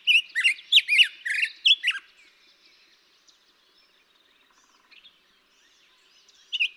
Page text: Birdsong for the Curious Naturalist. Black-headed grosbeak. Daytime singing, example 2. May 17, 2016. Mt. Graham, Arizona